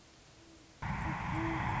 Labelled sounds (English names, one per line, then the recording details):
Great Horned Owl
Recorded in Sonoma County, California